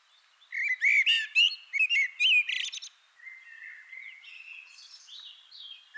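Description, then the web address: Eurasian blackbird singing a loud burst of fluty, warbling notes with high squeaky twitters, followed by quieter drawn-out phrases. "SETE data Turdus merula"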